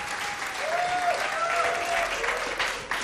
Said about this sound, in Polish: Jak można się już domyślić z takich gorących oklasków, zespół już jest na scenie.